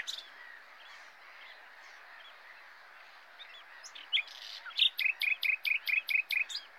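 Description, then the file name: Common nightingale singing a few scattered notes, then a steady, evenly spaced series of loud repeated notes, with a soft hiss throughout. "Luscinia megarhynchos"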